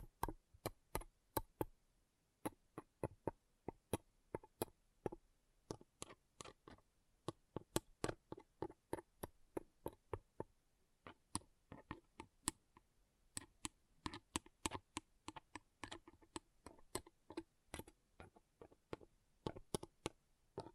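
Pom pom tingles made of crisp, sharp clicks and taps, sounding somewhat like typing or chopping. The taps come in irregular quick runs, several per second, with brief pauses and near silence between them, and they stay dense and bright throughout.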